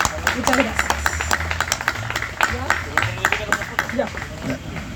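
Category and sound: crowd, audience applause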